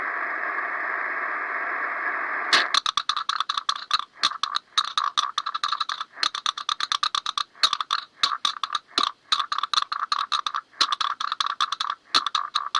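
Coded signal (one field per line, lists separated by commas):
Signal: Hellschreiber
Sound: steady hiss, then a fast choppy buzzing tone stuttering on and off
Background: radio static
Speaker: next is a conversation between us and another station using the Hell gber mode note that CQ means calling all stations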